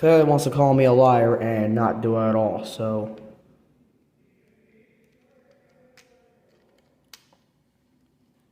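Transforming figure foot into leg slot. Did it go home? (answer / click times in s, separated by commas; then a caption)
yes / 7.1 s. Someone talks for about three seconds, then after a quiet stretch of faint handling, the plastic foot of a Transformers Studio Series 69-53 Mixmaster figure is pushed into its slot on the leg. A sharp click at 7.1 s marks the foot clipping into place.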